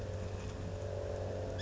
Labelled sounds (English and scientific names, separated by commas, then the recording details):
Song Sparrow (Melospiza melodia)
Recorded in Sonoma County, California